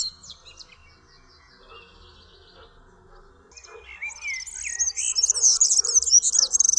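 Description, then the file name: European serin song: a few thin chirps at first, then slurred whistles and a fast, high, sizzling jingle that builds and fills the last two seconds. "KULCZYK"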